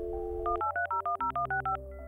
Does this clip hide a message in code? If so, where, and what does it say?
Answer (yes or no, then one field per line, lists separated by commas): yes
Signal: DTMF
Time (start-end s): 0.4-1.8 s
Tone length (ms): 120 ms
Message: 183010165